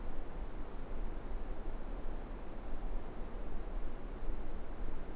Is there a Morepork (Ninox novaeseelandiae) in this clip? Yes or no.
no